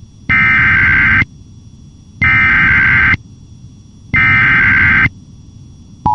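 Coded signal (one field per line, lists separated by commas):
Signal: Emergency Alert System (SAME) tones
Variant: header bursts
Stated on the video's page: EAS Evacuation Immediate for a wildfire, caught live on a station's EAS live stream.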